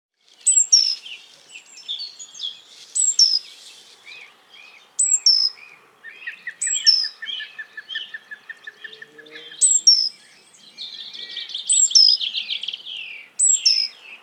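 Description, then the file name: Great tit calls given repeatedly, sharp high downslurred notes alternating with buzzy churring rattles and fast runs of short notes, with brief pauses between bursts. "Parus major"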